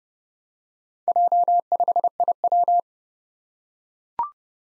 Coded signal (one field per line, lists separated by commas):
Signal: Morse code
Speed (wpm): 30 wpm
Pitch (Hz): 700 Hz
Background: none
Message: J5IW